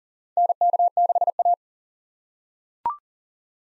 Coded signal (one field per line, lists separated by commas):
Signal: Morse code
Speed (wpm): 40 wpm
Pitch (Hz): 700 Hz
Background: none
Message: NK6A